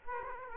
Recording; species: mosquito wingbeat signal from an infrared sensor; Aedes aegypti